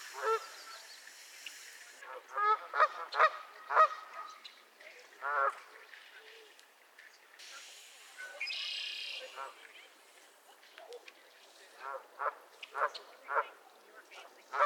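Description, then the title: Goose: geese honking in scattered nasal bursts, some clustered quickly together, separated by quieter stretches. Several geese squabbling at Miner's Marsh, Annapolis Valley, Nova Scotia. "Theraphonia - Geese at Miner's Marsh"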